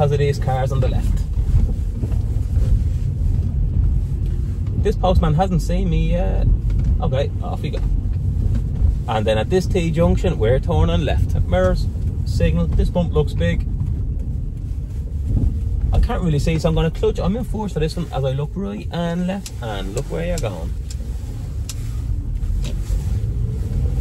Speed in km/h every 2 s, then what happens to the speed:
16, 25, 24, 26, 28, 28, 20, 15, 9, 4, 6, 15.
0-2 speeds up to 25. 2-10 steady at about 26. 10-18 slows to 4. 18-24 speeds up to 15.